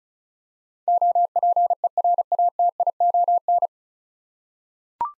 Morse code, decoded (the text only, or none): OPERATION